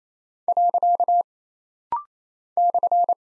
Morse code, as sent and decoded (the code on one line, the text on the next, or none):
.-.-.- / -..-.
. /